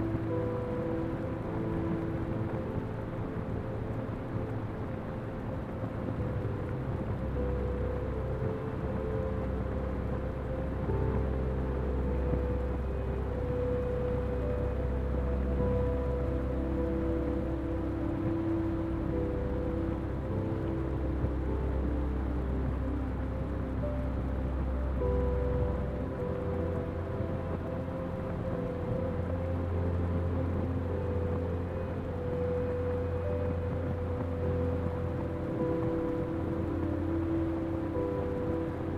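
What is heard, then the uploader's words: A steady bed of rain-like noise with a deep, constant rumble underneath runs the whole way through without breaks. Soft, held piano tones float in the middle register, changing slowly every few seconds. The level stays even throughout. White Noise and Rain with Soft Piano Sleep Music. White noise with rain and a soft piano.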